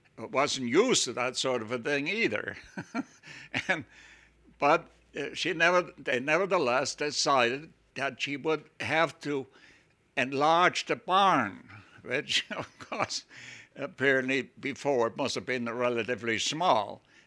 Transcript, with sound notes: wasn't used to that sort of a thing either. (he laughs) But, she, never the less, decided that she would have to enlarge the barn which, of course, apparently before must have been relatively small.